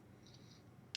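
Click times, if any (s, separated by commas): 1.0 s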